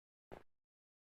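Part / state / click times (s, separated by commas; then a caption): plastic lid of a rodent bait station closing onto its base / seated / 0.3 s. After fresh bait paste is placed on each side, the plastic lid of a rodent bait station is closed onto its base and pressed until it latches. A single sharp snap sounds at 0.3 s, then quickly fades into quiet. The lid is seated and snapped shut.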